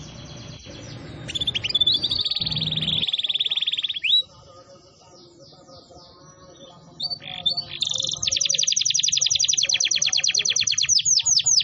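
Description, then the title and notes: Canary singing rapid trills and sweeping whistles, a quieter patch of soft mixed notes in the middle, then a long fast rattling trill near the end, with background hum. Long, intensely active canary song used as a tutor recording for training and for luring wild canaries. "Pikat Kenari GACOR PANJANG INI Cocok Untuk Masteran KENARI LIAR. Masteran burung kenari gacor parah"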